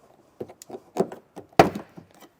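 A trim tool is worked behind a plastic side trim panel in the cargo area of a 2024 Honda CR-V to pry loose the push-pin clips snapped into the vehicle body, making a series of small clicks and scrapes. A loud, sharp pop at 1.6 s is a push pin popping free, and the panel's pin is released.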